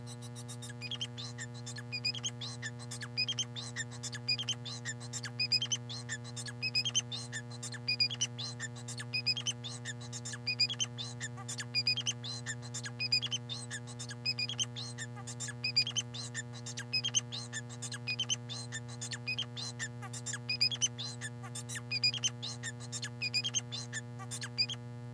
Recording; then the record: song of a male Bengalese finch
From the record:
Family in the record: son of father 4